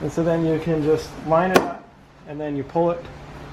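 The lower end of a hatch lift strut on a 2009-2016 Volkswagen Tiguan, a metal socket with a spring clip, is lined up and pulled toward the ball stud on the body while someone talks. A single brief sharp tick cuts through the speech around 1.6 s. Nothing has seated or clicked into place yet.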